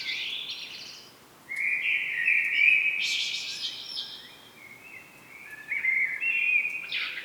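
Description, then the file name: Common blackbird song: a high squeaky note, then a long mellow warbled phrase with a thin twittered ending, followed by a softer phrase. "Turdus merula"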